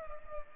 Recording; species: mosquito wingbeat signal from an infrared sensor; Culex pipiens